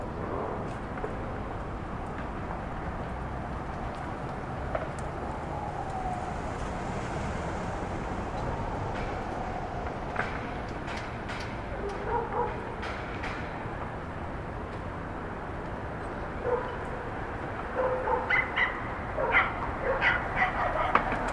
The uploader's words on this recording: 179 Starr Street Rooftop (Starr Street & Irving Ave, Brooklyn) Facing Maria Hernandez Park. Wind: 7mph North East. Rooftop recording facing Maria Hernandez park at sunset.